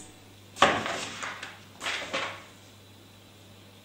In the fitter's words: press the thread down into the first G on the machine until it clicks into place